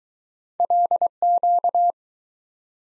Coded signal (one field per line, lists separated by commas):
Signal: Morse code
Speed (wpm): 20 wpm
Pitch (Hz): 700 Hz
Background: none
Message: LQ